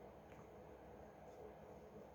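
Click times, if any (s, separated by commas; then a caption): none. During a partial teardown of a power tool's brush housing, the carbon brush spring is pulled back so the carbon brush can drop into its holder. Only a steady low hum of faint handling noise is heard, with no distinct sounds. The spring has not been released or snapped into place yet, and nothing has clicked.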